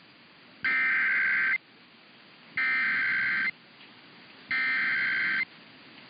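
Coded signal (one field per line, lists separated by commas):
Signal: Emergency Alert System (SAME) tones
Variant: header bursts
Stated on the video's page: Flash flood warning and a required weekly test on KCBS.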